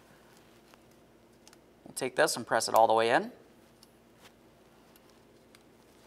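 A retainer clip is handled at the quick-connect fitting of a fuel line while replacing the fuel filter on a 2003-2011 Mercury Grand Marquis, with only faint small ticks heard. Someone talks between about 1.9 and 3.2 s. The clip has not been pressed home yet; nothing has seated or clicked.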